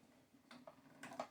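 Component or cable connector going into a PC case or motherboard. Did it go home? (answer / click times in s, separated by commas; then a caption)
yes / 1.0 s, 1.2 s. A component or cable connector is pushed into place in a Hyte Revolt 3 PC case or its motherboard during a case rebuild. Two faint ticks come at 0.5 and 0.7 seconds, then louder sharp clicks at 1.0 and 1.2 seconds. The part seats with the final clicks.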